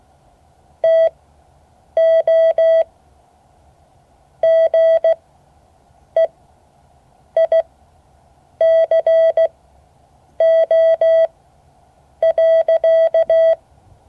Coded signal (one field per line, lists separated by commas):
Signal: Morse code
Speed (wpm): 16 wpm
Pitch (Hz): 650 Hz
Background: none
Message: TO GEICO.